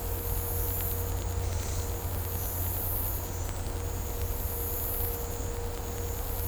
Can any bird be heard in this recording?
no